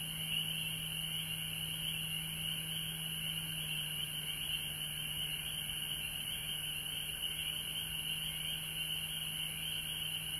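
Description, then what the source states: Unbroken frog chorus, a thick shrill trilling layer held throughout, over a steady low hum. Recorded at home in Georgia on March 19, 2020.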